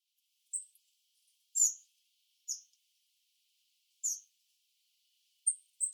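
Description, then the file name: Eurasian blue tit calls: several short, very high notes at irregular intervals, the last two close together, over an otherwise quiet background. "Cyanistes caeruleus"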